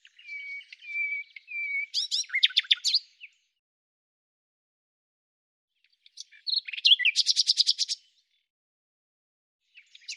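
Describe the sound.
Bird song opening with steady level whistles that break into a rapid trill, then a second buzzy trilled phrase a few seconds later.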